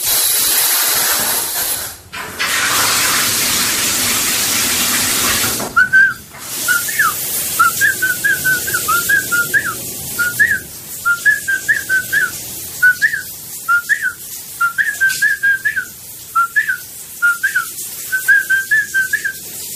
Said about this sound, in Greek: Όμως, επειδή ο ίδιος είπε ότι σφυρίζει, ξαναμπαίνουμε πάλι στον ντουζ να ακούσουμε τι ακριβώς σφυρίζει.